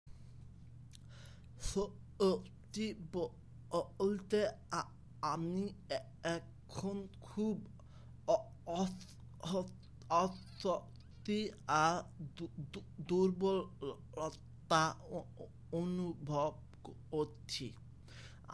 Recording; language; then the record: elicited speech; Bengali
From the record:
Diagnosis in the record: Broca's or global aphasia after a stroke